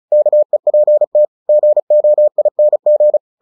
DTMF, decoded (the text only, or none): none